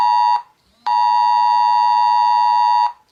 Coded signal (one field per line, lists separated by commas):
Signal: Emergency Alert System (SAME) tones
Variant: 853 and 960 Hz attention tone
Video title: Rating EAS alarms because I have nothing important to do in life right now